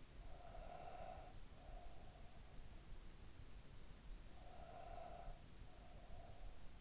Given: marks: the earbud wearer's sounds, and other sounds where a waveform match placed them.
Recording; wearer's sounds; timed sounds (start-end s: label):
sounds in sleep by an in-ear microphone; breath
0.00-2.96 s: breath
4.14-6.81 s: breath